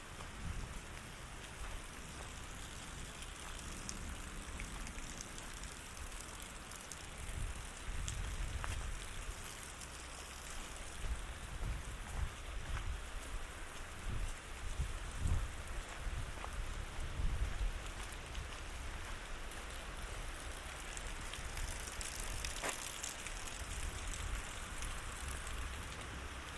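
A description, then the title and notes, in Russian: Steady rain falls throughout, a dense, even hiss with scattered brighter drop ticks. Low rumbles swell and fade underneath, strongest around the middle, suggesting rolling thunder. A faint high whine holds steady across the whole clip. Саундскейп - погружение в атмосферу Горного Дагестана. Прогуляйся по высокогорному селу Гуниб. Раскаты грома, шум дождя, звуки бегущей воды.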